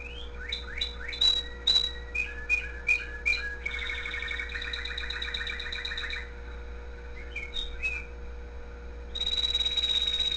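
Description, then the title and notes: Canary singing in fast rising chirps and rolling trills, then a long steady buzzy phrase and a held high whistled note at the end, over a low hum. The owner's own canary. "mi canario. musica de fondo"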